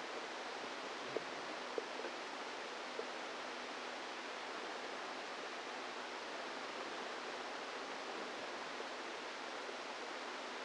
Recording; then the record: brain microelectrode recording played as sound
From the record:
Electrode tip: outside the subthalamic nucleus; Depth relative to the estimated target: -4 mm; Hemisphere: right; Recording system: NeuroSet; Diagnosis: Parkinson's disease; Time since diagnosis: 10 years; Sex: female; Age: 45 years